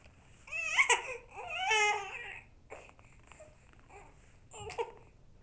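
Two strained, high-pitched infant cry bursts with wavering, rising-falling pitch, followed by quieter fussing and whimpers and a final short cry. This is an ordinary infant cry.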